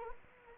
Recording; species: mosquito wingbeat signal from an infrared sensor; Anopheles arabiensis